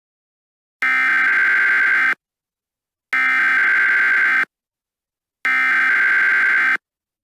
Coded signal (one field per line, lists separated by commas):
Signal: Emergency Alert System (SAME) tones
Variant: header bursts